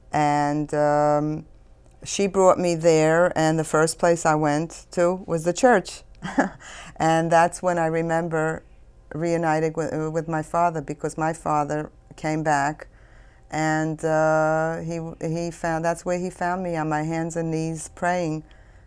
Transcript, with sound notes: And she brought me there and the first place I went to was the church. (She laughs.) And that's where I remember reuniting with my father because my father came back and he found, that where he found me, on my hands and knees praying.